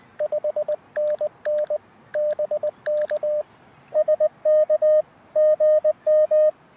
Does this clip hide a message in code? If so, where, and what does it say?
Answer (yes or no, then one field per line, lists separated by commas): yes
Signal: Morse code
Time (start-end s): 0.2-6.5 s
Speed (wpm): 20 wpm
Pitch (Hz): 590 Hz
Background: radio noise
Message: 5NN BK SK GM